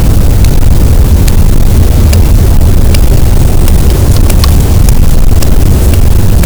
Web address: Physeter Macrocephalus cachalot